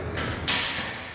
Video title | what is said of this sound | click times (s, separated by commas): Absolute Overhead Door Service - Lexington - 22 Point Garage Door Inspection | To connect the door back to the opener, you're going take your emergency release slightly pull it forward and you're going to hear this click | 0.2 s